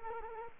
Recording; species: mosquito wingbeat signal from an infrared sensor; Culex quinquefasciatus